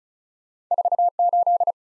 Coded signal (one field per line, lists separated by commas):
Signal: Morse code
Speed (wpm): 48 wpm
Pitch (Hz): 700 Hz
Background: none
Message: 4 8